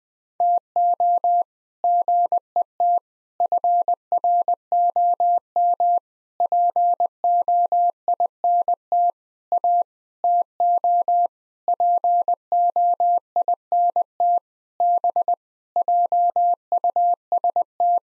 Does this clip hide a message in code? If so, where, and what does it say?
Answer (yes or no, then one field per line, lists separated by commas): yes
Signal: Morse code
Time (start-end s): 0.4-18.0 s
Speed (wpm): 21 wpm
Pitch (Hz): 700 Hz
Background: none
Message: TO GET FROM POINT A TO POINT B JUST